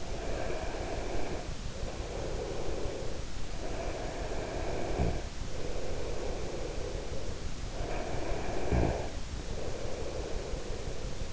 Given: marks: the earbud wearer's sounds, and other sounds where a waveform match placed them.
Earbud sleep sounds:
sounds in sleep by an in-ear microphone; breath, snoring breath
0.00-3.41 s: breath
3.34-7.58 s: snoring breath
7.68-11.32 s: snoring breath

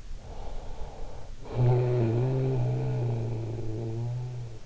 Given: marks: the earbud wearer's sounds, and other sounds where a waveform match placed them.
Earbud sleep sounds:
sounds in sleep by an in-ear microphone; snoring breath
0.15-4.66 s: snoring breath

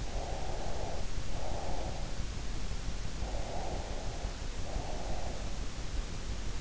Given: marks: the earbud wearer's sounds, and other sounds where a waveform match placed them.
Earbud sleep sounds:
sounds in sleep by an in-ear microphone; breath
0.14-2.24 s: breath
3.24-5.63 s: breath

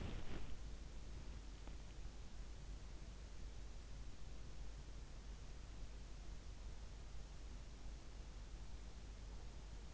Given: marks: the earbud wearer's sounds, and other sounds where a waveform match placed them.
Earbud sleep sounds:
sounds in sleep by an in-ear microphone; body movement
0.00-0.78 s: body movement

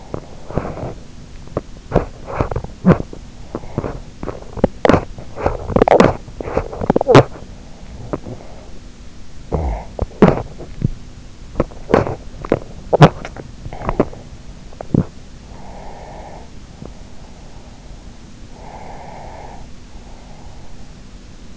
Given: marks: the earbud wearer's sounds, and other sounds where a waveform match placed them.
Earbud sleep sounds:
sounds in sleep by an in-ear microphone; teeth grinding, breath, snoring breath, swallowing
0.00-5.84 s: teeth grinding
6.60-8.67 s: breath
7.69-13.31 s: teeth grinding
9.45-9.92 s: snoring breath
13.31-14.39 s: swallowing
14.59-15.50 s: teeth grinding
15.43-17.64 s: breath
18.41-20.87 s: breath

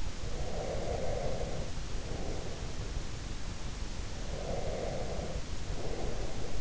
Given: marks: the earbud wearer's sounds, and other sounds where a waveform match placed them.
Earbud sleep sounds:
sounds in sleep by an in-ear microphone; breath
0.21-2.99 s: breath
4.19-6.61 s: breath

